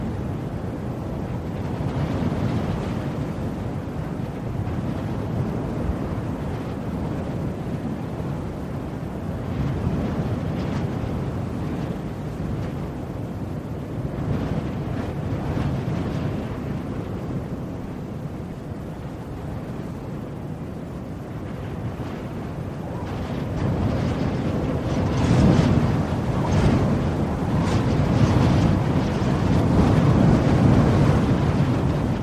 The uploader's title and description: Winter Wind Sound. A cold, blustery wind blows outside